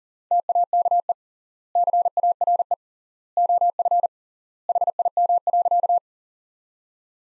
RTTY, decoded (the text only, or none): none